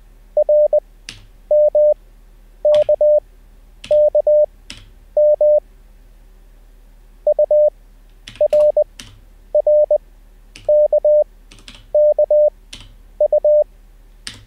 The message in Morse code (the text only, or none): RMKKM URRKKU